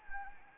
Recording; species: mosquito wingbeat signal from an infrared sensor; Anopheles arabiensis